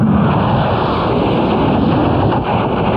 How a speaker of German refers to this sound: Der Tod fällt hundertfach vom Himmel, wenn wir jetzt wieder im Irak britische Tornado-Jets oder amerikanische F-18-Maschinen ihre Streubomben abwerfen.